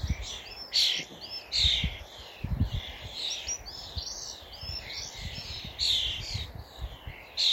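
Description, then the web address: Common starling with a run of short, downslurred whistles mixed with harsh, grating notes, repeated at an irregular pace, over low rumbling background noise. "Deverinetal 2025. Bird Only"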